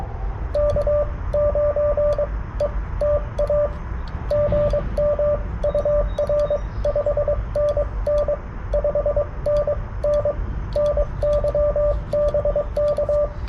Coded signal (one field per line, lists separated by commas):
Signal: Morse code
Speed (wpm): 22 wpm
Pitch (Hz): 590 Hz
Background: radio noise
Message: K9ETA GM UR 5NN 5NN NY BK